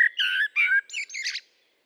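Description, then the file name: Common blackbird song fragment of burry, warbling notes rising into a scratchy high twitter that fades out. "Turdus merula"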